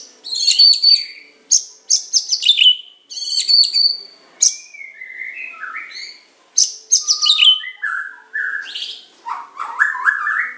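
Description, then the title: Oriental magpie-robin song of high scratchy chattered phrases alternating with lower clear whistled notes that rise and fall, delivered in bursts with brief pauses. "Kicau Kacer"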